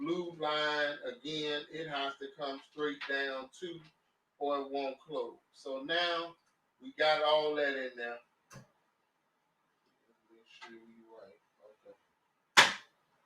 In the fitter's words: now you heard that snap